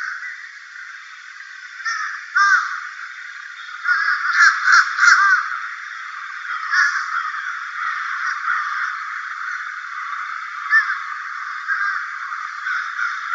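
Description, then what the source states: Crows cawing in a busy chorus, harsh calls overlapping and clustering in bursts over a steady background hiss. Ambient recording of crows.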